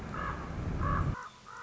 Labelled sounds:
Common Raven

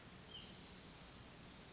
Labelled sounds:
White-breasted Nuthatch

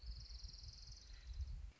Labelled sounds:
Orange-crowned Warbler

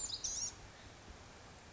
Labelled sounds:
Blue-gray Gnatcatcher

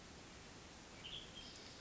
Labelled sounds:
Western Tanager

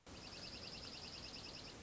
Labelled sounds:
Dark-eyed Junco

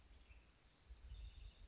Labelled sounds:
House Wren

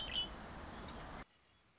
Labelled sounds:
Red-winged Blackbird

